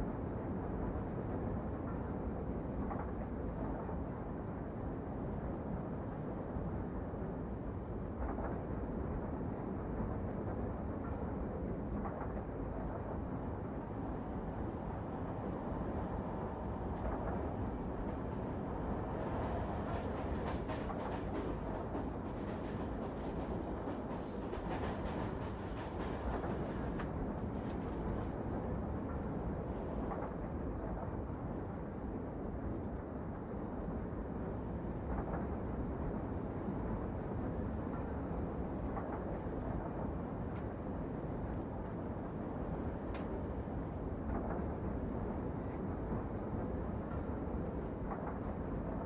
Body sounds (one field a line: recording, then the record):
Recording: background sound without coughing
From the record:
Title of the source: Train Ride Ambience ambient white noise for sleeping, focus, studying, reading